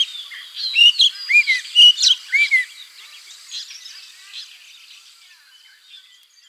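Rufous-necked laughingthrush calls: a quick burst of whistled, slurred notes, then fading chatter.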